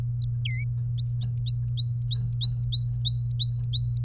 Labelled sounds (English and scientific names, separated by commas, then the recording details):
Domestic Canary (Serinus canaria) song
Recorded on 23 April 2018 at 15:03
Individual llb3